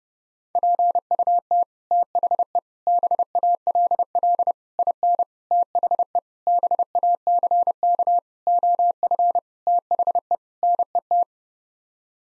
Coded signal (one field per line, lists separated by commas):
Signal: Morse code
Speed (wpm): 32 wpm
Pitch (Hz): 700 Hz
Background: none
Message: PUT THE BALL IN THE BACK OF THE NET